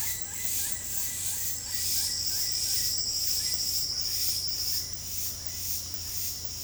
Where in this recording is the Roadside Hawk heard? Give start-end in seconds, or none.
none